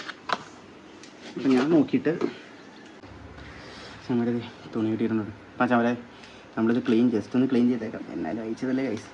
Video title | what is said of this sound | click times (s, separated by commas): Honda Dio Dashboard Restoration വെറും 175 മാത്രം മതി - No painting , No heating, No policing🔥 | ഈ സൈഡിൽ ഒരു ലോക്ക്. പയ്യെ ഇങ്ങനെ താത്തി ഊരി. | 0.3 s